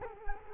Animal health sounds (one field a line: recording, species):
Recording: mosquito wingbeat signal from an infrared sensor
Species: Culex quinquefasciatus